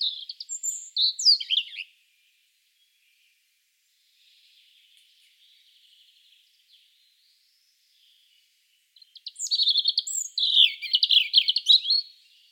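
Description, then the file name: European robin delivering two high, liquid warbled phrases with sliding notes and trills, separated by a quiet gap of about seven seconds. "Erithacus rubecula"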